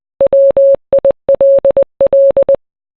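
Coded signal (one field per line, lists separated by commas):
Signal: Morse code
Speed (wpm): 20 wpm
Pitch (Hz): 550 Hz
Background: none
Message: WILL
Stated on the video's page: Kanye West's song Power rendered as Morse code.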